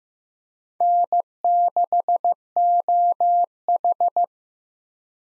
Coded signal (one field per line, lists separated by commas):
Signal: Morse code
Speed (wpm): 15 wpm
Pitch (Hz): 700 Hz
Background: none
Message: N6OH